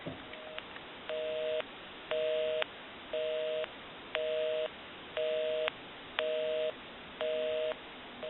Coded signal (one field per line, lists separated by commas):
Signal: telephone call progress tone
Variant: North America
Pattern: busy tone